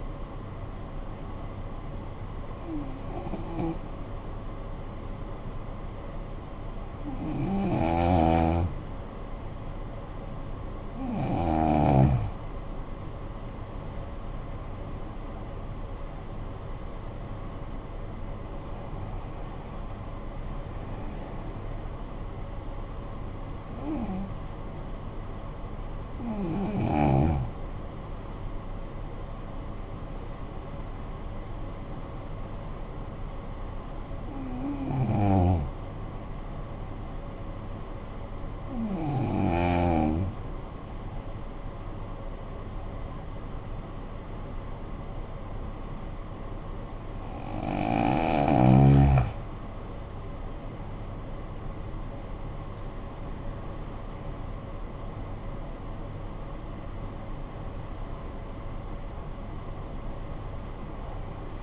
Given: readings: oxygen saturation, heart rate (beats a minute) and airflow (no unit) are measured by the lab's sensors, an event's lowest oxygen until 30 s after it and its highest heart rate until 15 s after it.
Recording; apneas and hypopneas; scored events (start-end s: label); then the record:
breathing in sleep by a smartphone at the bedside; 2
4.00-15.30 s: hypopnea (N1, oxygen 96% highest, then 90% lowest, heart rate 51 at the start, 68 highest)
35.00-51.00 s: hypopnea (N1, oxygen 95% highest, then 85% lowest, heart rate 53 at the start, 67 highest)
From the record:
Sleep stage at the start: N1 (lightest sleep); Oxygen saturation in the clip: 87 to 96%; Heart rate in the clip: 47 to 68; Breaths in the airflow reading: 13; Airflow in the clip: -13.1 to 11.3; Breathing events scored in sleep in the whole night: 445 in 7.6 hours asleep